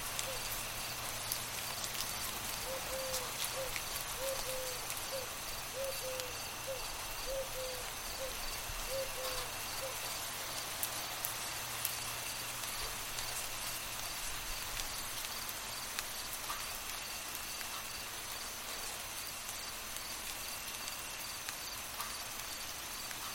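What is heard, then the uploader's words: Light rain falls in a dense, steady hiss with faint scattered ticks of drops throughout. A high, even cricket trill runs underneath, and a low hum persists through the first half. A short run of soft repeated chirps appears between about 3 and 10 seconds. Listening to the gentle patter of raindrops, accompanied by the rhythmic chorus of crickets singing their lullaby.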